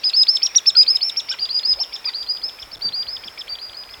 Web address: soud perevozchik